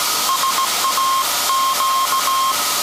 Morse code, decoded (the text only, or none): SAQ